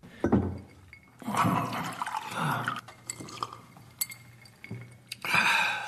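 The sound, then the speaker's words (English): A judge gets a drink of water during a court hearing: water pours and splashes into a glass in several bursts, with light glassy clinks between them and a low steady hum underneath; no one speaks. “I watched him use getting a drink of water to cover his fury.”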